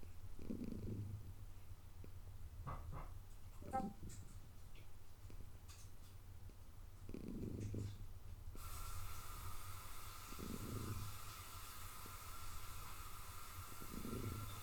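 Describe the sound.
Cat purring low with soft rhythmic swells every few seconds, some clicks, and a steady hiss in the second half.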